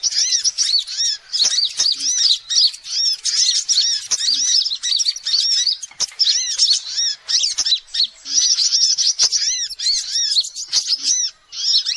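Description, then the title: Sogok ontong song: energetic high chattering with repeated arched notes, flowing almost without a break, then a short pause near the end. Masteran song used for training birds. "Sogok Ontong Labaik"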